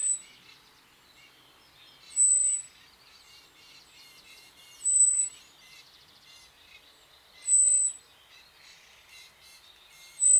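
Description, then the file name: Common blackbird giving short, piercing high whistles, each held briefly and spaced roughly two to three seconds apart, while other birds chatter softly underneath. "Turdus merula"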